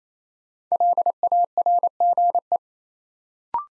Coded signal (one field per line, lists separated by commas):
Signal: Morse code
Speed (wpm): 29 wpm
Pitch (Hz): 700 Hz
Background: none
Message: LARGE